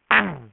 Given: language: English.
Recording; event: throat vibration sensor signal played as sound; throat clearing